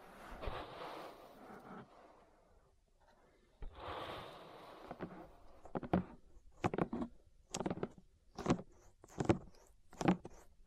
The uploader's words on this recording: ASMR Relaxing Ear Massage. (No Talking).